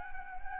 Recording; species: mosquito wingbeat signal from an infrared sensor; Anopheles gambiae